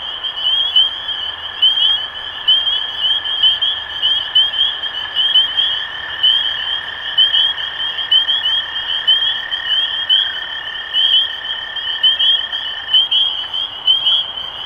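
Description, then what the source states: Spring peepers chorusing, shrill short peeps repeated about once a second by the nearest frog within a dense overlapping mass, plus a steady lower tone that stops near the end. Recorded 23 March 2012.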